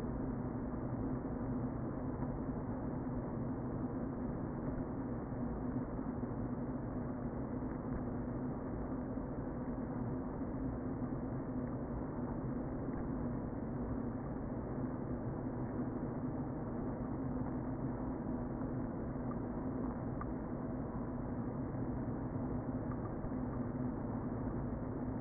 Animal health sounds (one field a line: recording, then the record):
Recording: honeybee colony, microphone inside the hive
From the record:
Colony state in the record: queen present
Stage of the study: before two queens were removed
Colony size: about 60,000 bees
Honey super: yes